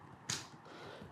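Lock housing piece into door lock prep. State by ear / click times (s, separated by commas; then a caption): seated / 0.3 s. While fitting a Saffire LX-I electronic door lock, the loosely screwed housing is shifted so a piece slides through the door prep. At 0.3 s the lock housing piece pops into place with one sharp, bright pop, followed by faint background noise. The piece is confirmed seated.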